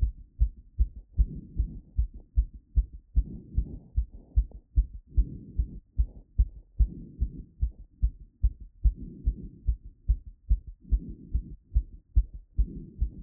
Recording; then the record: heart sounds by stethoscope after running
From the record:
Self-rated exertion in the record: light exertion (2 of 6); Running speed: 5 mph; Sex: female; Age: 18 years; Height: 167 cm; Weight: 50 kg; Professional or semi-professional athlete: no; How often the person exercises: 1 to 2 times a week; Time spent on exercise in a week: 1 to 2 hours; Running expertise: no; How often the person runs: 1 to 2 times a week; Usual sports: running, walking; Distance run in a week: 1 to 2 km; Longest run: 6 km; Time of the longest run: 34 minutes